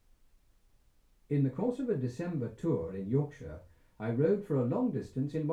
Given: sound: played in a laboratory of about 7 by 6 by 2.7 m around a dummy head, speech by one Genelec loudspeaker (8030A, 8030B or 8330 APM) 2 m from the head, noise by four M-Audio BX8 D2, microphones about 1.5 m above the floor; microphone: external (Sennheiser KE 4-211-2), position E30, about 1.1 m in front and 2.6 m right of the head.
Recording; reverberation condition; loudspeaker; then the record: male speech in English; low; 60 degrees to the right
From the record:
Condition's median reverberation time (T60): about 310 ms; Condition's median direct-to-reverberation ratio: about 3.5 dB